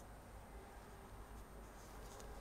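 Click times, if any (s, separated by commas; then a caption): none. A battery cover is being handled over the caseback of an Omega X Swatch Speedmaster MoonSwatch after its planet image is lined up with the case, ready to be pressed down until it clicks. Only a steady low hum and faint rustling handling noise are heard, with no sharp hits. Nothing has seated or clicked yet.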